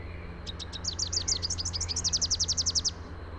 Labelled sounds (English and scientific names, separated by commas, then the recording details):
Rufous-capped Warbler (Basileuterus rufifrons) song
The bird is a male
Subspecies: rufifrons
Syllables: 29
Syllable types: 6
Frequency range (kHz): 2.7-7.2 kHz
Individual YA-R15-M